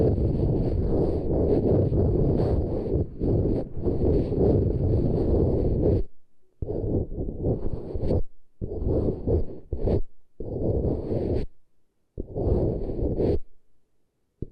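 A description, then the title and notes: Ear treatment sounds: a loud, rough rush of air, like blowing or heavy breathing, roars steadily for the first six seconds. It then breaks into shorter gusts of about a second each, separated by brief silences, ending quietly near fourteen seconds. ASMR Intense Brain Tingles with Eardrum Treatment (No Talking).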